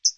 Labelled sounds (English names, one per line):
Hooded Warbler flight call